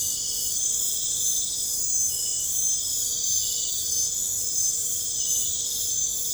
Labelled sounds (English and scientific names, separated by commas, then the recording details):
none
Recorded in pastures near Puerto Asís, Putumayo, Colombia, on 26 December 2024 at 00:30
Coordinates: 0.496, -76.326
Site G004